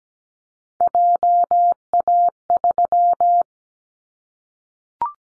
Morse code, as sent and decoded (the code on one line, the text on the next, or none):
.--- .- ...--
JA3